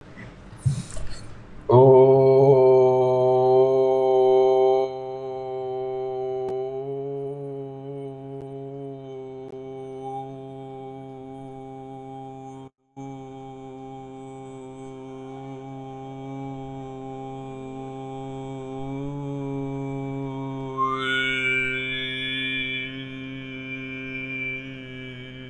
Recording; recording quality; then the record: sustained vowel as in boot; excellent, no background noise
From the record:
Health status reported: recovered from COVID-19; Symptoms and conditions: none ticked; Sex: male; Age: 20 years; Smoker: not ticked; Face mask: not worn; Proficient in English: yes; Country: India